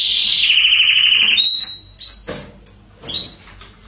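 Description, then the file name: Belgian canary trilling for about a second and a half, then a pure held whistle and a few scattered short notes separated by quiet. "canto do canario belga salsa"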